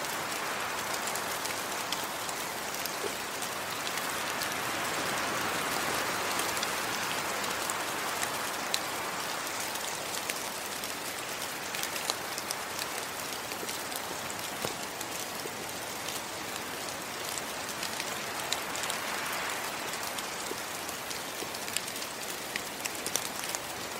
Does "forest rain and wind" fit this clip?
yes